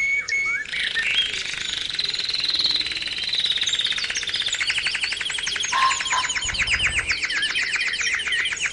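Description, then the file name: Canary delivering a sustained warbled roll that breaks into rapid repeated chopped notes, with dense high twittering throughout. Canary 'terapi' (therapy) song recording, intended for training birds. "kenari terapi omkicau"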